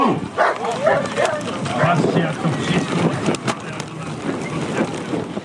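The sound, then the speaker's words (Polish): A pack of sled dogs barks and yips excitedly at the start of a run after a countdown, in a dense, overlapping chorus that never lets up, with a few human voices mixed into the racket. “Ja moich psów tego nie uczę, one to mają po prostu we krwi.”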